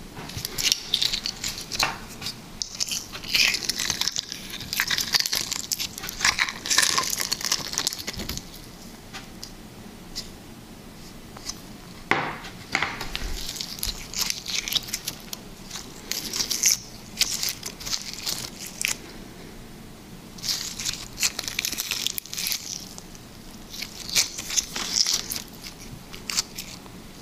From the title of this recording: Liquid Slime ASMR